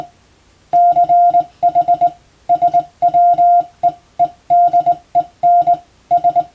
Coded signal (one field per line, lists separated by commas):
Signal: Morse code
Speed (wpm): 21 wpm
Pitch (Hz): 700 Hz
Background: none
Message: CH SWEEDEN S